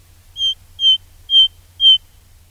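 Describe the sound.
Ring ouzel piping four clear, high whistled notes at an even pace, about two per second, against a quiet background.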